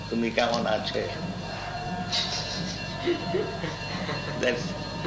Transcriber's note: laughter